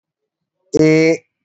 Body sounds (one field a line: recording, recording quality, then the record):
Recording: sustained vowel as in made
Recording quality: excellent, no background noise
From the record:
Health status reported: respiratory illness, not identified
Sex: male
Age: 21 years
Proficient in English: yes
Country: India